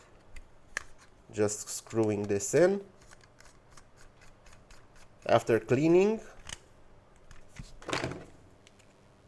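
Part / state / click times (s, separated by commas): pipette part into the pipette body / not seated / none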